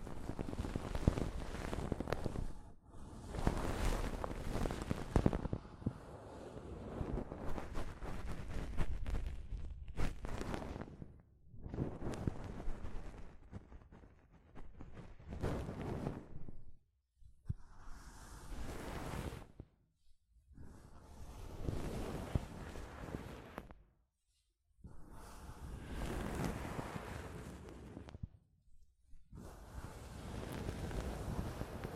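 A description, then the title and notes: Soft fabric brushes across a microphone in long rustling strokes, each a dense, full-range swish lasting a few seconds. Brief silent gaps separate the strokes, near 3, 11, 17, 20, 24 and 28 seconds, and the rubbing surges and fades like gusting wind. ASMR Mic Brushing using Soft Fabric (No Talking).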